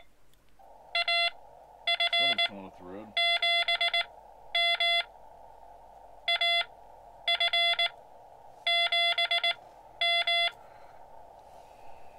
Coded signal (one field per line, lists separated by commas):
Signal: Morse code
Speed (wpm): 18 wpm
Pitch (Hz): 3400 Hz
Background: speech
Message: AF7M AF7M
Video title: My Morse Code Journey: POTA activation Fisher Towers